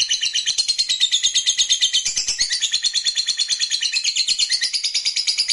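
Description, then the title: Lovebird giving a long, fast, shrill chattering trill of rapid buzzy pulses running unbroken through the whole stretch. Fighter-type lovebird giving ngekek, a long drawn-out trilling call. "Suara Lovebird FIGHTER NGEKEK PANJANG"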